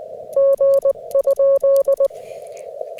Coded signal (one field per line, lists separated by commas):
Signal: Morse code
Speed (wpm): 20 wpm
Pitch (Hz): 550 Hz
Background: none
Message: G?